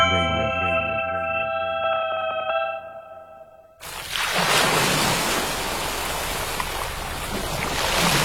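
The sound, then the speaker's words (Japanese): A few seconds of steady, sonar-like electronic tones give way abruptly to loud, hissing ocean waves that surge and wash continuously to the end, with no voices. “ザバン、ザバン、海が光っている。”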